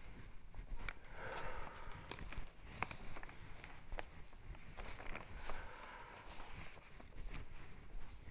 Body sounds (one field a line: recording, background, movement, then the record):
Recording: deep breathing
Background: quiet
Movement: walking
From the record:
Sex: male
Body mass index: 20.6 kg/m2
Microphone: on the chest, facing the body